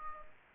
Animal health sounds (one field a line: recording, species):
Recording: mosquito wingbeat signal from an infrared sensor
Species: Aedes aegypti